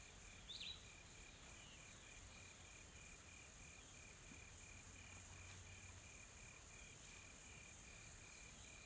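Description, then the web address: Insects keep up a steady high hiss, joined by a clipped tone repeated steadily. A few soft bird chirps are audible. Soft, calm insect ambience in a tropical forest in South Africa. "Sonniss com - GDC 2020-Game Audio Bundle Smart Sound FX - Nature South Africa AMBIENCE Additional Tropical Forest Soft Insects Calm"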